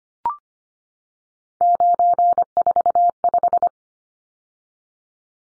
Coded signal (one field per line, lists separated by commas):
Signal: Morse code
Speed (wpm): 25 wpm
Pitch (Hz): 700 Hz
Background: none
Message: 945